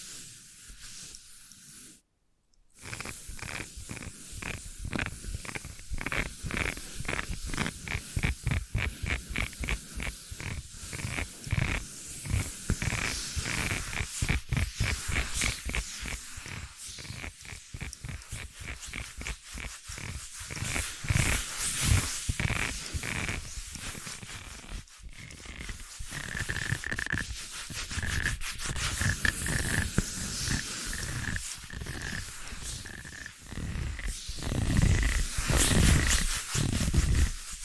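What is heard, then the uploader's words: Tapping and scratching on a surface: quick, dense strokes that run nearly continuously after a short silent break around two seconds. The rhythm speeds up and loosens at times, with louder scratchy bursts near the end, and a faint steady high tone appears from about 26 seconds. ASMR Magic Trigger Potion Shop Invisible Tapping, Scratching, Tracing (No Talking).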